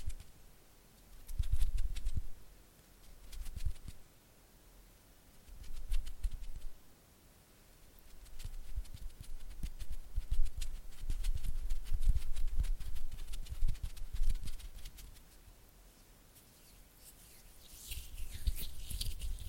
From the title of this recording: Oily Hand and Flutter Finger Sounds